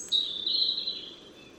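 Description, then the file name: European robin giving a single thin, high, drawn-out whistled note that holds steady and then fades, with faint background hiss. "Erithacus rubecula"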